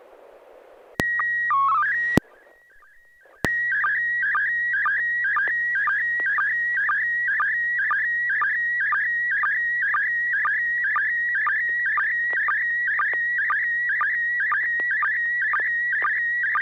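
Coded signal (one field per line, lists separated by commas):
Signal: SSTV (slow-scan television)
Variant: PD 120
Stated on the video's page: Heard on an SSTV net on a 441.300 MHz FM repeater, images sent with MMSSTV software.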